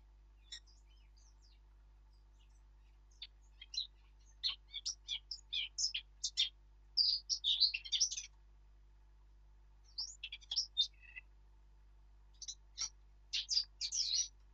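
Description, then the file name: Eurasian blackcap song: bursts of quick, varied chattering and warbled notes in phrases of a few seconds, separated by short pauses; nothing else clearly heard. "Sylvia atricapilla"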